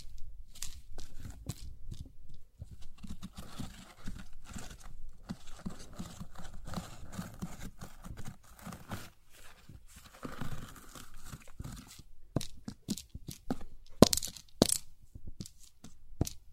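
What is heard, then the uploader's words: A cat scratches at a cardboard scratching board, making rapid, rough tearing and crinkling strokes. The scratching comes in uneven bursts with brief pauses, growing sharper and more scattered after about twelve seconds. 貓抓板｜Cat's Scratching Board.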